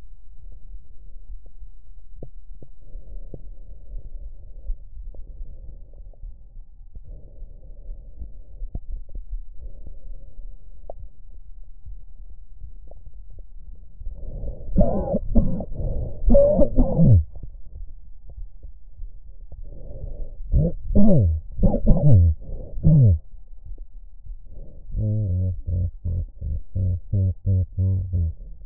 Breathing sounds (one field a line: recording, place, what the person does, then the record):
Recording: lung sounds by stethoscope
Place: left anterior apical chest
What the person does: quiet breathing, then cough and speech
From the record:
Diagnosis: none (healthy)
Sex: male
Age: 34 years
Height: 174 cm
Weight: 93 kg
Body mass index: 30.7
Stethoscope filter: extended mode